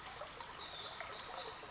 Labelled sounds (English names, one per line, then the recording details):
Pacific Wren
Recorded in Sonoma County, California